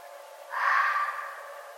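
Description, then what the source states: Red fox uttering one rough, breathy screech of under a second that trails off slowly, a constant faint hum beneath. Recorded on 11 November 2011.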